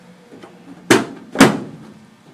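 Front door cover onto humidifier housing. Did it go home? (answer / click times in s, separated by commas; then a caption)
yes / 0.9 s, 1.4 s. The front door cover is put back onto a humidifier housing and latches with two sharp clicks at 0.9 s and 1.4 s. The two clicks mean the door is on and tight, so the cover is seated.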